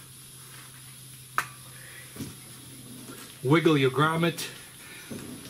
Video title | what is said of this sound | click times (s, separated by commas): 2003-2006 Ford Expedition Rear CV Boot Caliper Bracket Hub Assembly | pull and wiggle the grommet, and you can hear it snap, snap right in place. | 1.4 s